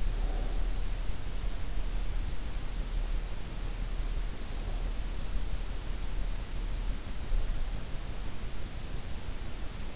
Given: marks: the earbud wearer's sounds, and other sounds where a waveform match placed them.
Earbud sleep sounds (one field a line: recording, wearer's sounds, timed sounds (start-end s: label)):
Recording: sounds in sleep by an in-ear microphone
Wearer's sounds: breath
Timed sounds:
0.00-0.97 s: breath